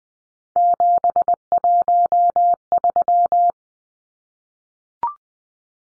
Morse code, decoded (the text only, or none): 713